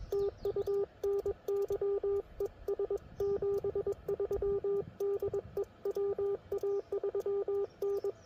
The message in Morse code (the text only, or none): TU NY ES 73 DE WA3N